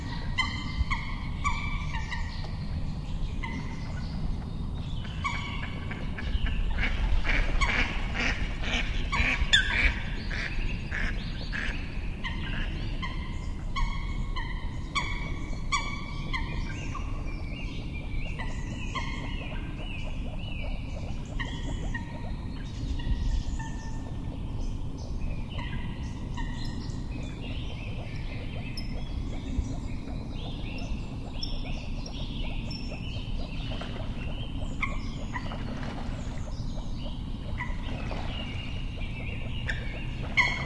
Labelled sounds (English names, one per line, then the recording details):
Eurasian Coot call
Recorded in the wild
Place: Bernau bei Berlin, Barnim, Brandenburg, DE
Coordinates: 52.68, 13.5019
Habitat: lake
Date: 2012-03-25 20:05
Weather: 9°C, clear, nearly windless
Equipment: Sound Devices 702, Sennheiser MKH 415 T, Rhode Windschutz
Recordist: Frommolt, Karl-Heinz